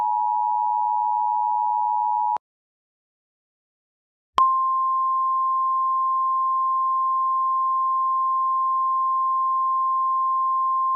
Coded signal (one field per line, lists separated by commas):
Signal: Emergency Alert System (SAME) tones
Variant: 853 and 960 Hz attention tone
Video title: EAS Mock - PDS Tornado Warning (2022)